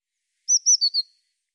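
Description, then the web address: Eurasian blue tit call: one quick series of four high, thin notes, with the last two slightly lower than the first two. "cianscape birddata Deverinetal 2025 File cleaned normalized Bird Cy Ca"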